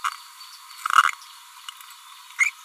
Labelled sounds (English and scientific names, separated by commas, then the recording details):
Green-rumped Parrotlet (Forpus passerinus) babbling
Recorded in a nest box in Venezuela
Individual 18B25A4